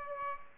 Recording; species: mosquito wingbeat signal from an infrared sensor; Aedes aegypti